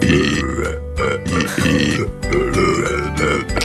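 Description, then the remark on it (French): An American man in a YouTube video burps out a melody, sustained belched tones rising and falling in pitch like a Christmas song, loud and continuous with brief breaks between phrases. “Est-ce qu'on a entendu un Américain chanter Vive le vent en rotant sur YouTube?”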